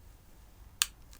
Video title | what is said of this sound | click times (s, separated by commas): Another Ultimate Gaggia Mod? The Gaggimate | then we're going to squeeze until it clicks | 0.8 s